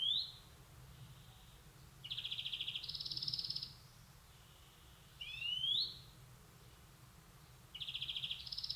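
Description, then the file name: European greenfinch mixing rising wheezy notes with rattling trills that step up in pitch, repeated in bursts. "Chloris chloris"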